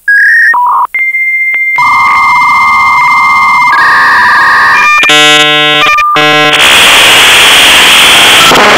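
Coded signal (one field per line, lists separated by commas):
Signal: dial-up modem handshake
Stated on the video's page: Dial-up modem connection sound effects on Telkom Indonesia: off-hook, dialing, buzz, static and glitch, then a long beep, buzzing and static.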